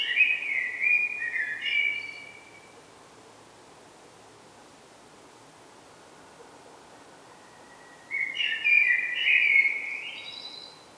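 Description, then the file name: Common blackbird song: a mellow warbled phrase ending in high twitters, silence for several seconds, then another rich phrase with squeaky high flourishes. "Turdus merula"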